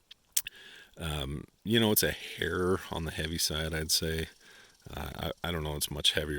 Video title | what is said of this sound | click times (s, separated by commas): Lansky Blademedic Knife Sharpener Review by MUDD CREEK | once you get it down it kind of pops back in again | 0.4 s